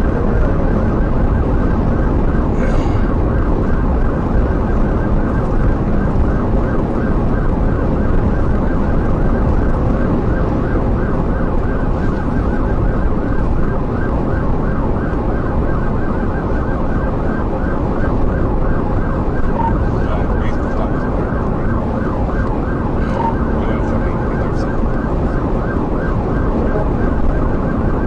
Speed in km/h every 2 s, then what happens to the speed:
169, 166, 166, 166, 166, 156, 156, 155, 155, 151, 151, 156, 159, 163.
0-18 slows to 151. 18-28 speeds up to 163.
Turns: none.